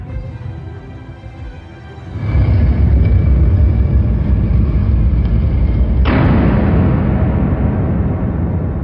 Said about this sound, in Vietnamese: Không rõ lớp chạm phải chốt lẫy nào mà bỗng nghe bên ngoài lối vào có tiếng ầm ầm vang dội. Cửa đập ngàn cân giấu trong tường thành hạ xuống, chặn đứng đường lui của đám trộm.